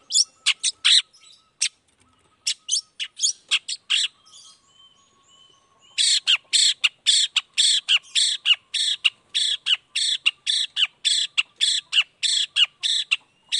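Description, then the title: Long-tailed shrike giving harsh, buzzy chattering notes in quick irregular bursts, pausing briefly, then a long, denser run of rasping notes. Morning recording of a long-tailed shrike singing 'toet toet' variations, played to provoke other shrikes into responding. "Cendet Gacor Dor Di Kala Pagi Toet Toet Variasi Suara"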